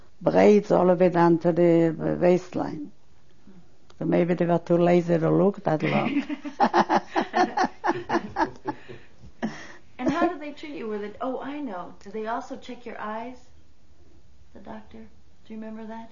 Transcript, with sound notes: Braids all the way down to the waistline. Maybe they were too lazy to look that long. (She laughs.)
And how did they treat you? Were they, oh, I know, did they also check your eyes? The doctor, do you remember that?